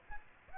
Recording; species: mosquito wingbeat signal from an infrared sensor; Aedes aegypti